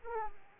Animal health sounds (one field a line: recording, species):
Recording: mosquito wingbeat signal from an infrared sensor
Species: Aedes aegypti